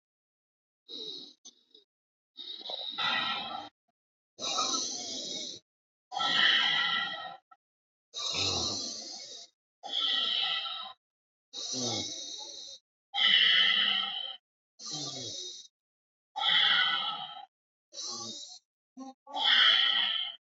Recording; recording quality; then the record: deep breathing; excellent, no background noise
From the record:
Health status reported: exposed to COVID-19, no respiratory illness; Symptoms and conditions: muscle pain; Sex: male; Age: 40 years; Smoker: not ticked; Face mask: not worn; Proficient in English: yes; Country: India